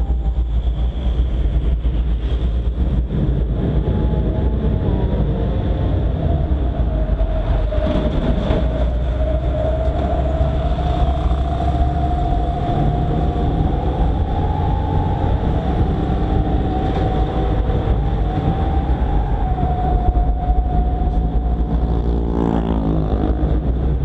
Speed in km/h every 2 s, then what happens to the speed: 15, 18, 20, 21, 21, 25, 30, 33, 35, 35, 36, 37.
0-14 speeds up to 33. 14-24 steady at about 35.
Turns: none.